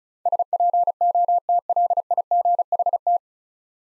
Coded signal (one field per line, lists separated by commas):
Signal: Morse code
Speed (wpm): 34 wpm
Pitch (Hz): 700 Hz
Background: none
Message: SPOTLIGHT